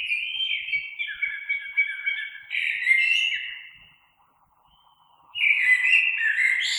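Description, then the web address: Common blackbird with a long fluty warbling phrase of several linked notes, a second of silence, then another melodious phrase with high twittered ends. Recorded 3 March 2020. "oiseaux Merle 2020 03 03"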